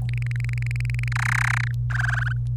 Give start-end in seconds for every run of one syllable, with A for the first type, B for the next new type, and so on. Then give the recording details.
0.09-1.08 A, 1.12-1.68 B, 1.90-2.32 C. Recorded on 26 April 2018 at 05:58. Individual llb3